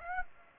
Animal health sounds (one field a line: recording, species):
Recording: mosquito wingbeat signal from an infrared sensor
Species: Aedes aegypti